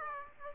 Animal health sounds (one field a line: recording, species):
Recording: mosquito wingbeat signal from an infrared sensor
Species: Aedes aegypti